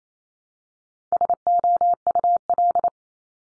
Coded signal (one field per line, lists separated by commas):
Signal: Morse code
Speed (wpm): 28 wpm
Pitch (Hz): 700 Hz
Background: none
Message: SOUL